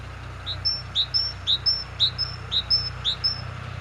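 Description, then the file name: Great tit giving a steady, rhythmic series of high two-note phrases, about six in under four seconds, against a faint low background hum. "Parus major"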